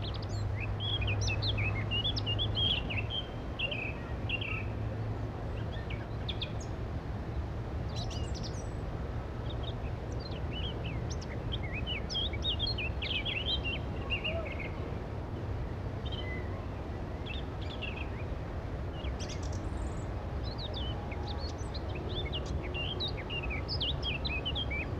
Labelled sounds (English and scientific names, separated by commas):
Eurasian Blackcap (Sylvia atricapilla) song